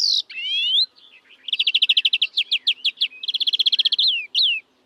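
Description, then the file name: European greenfinch opens with a nasal buzzy wheeze and an upslurred whistle, followed by two bursts of fast ringing trills and a final slurred note. "Chloris chloris"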